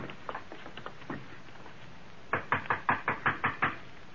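A few faint, scattered taps, then a firm run of about eight loud knocks on a door in a quick, even rhythm as Captain Larkin knocks. No voices are heard.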